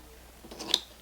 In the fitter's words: press clicks back in and then obviously this